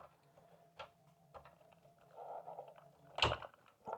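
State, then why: Seated. A plastic wiring harness connector is plugged into a new Dasaita G13 Android head unit during an install on a 5th gen Toyota 4Runner. A few faint knocks and handling sounds lead up to a sharp, loud click at 3.2 s as the connector seats, followed by a couple of softer taps.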